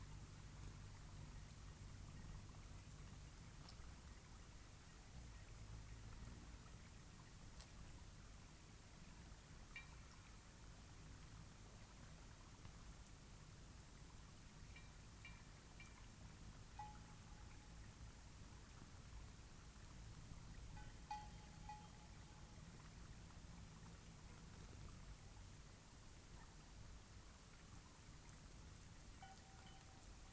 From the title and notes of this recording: This was recorded on a cloudy night beside Taylor Lake in the Russian Wilderness, Klamath National Forest, Siskiyou County, California. The recording starts at around midnight and continues until sunrise. The night was fairly calm with a faint breeze blowing through the treetops.